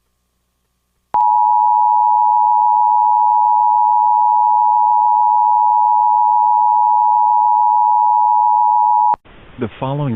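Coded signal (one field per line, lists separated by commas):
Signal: Emergency Alert System (SAME) tones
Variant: 853 and 960 Hz attention tone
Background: speech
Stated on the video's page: Mock Child Abduction Emergency alert with valid EAS tones, made on request; not a real alert.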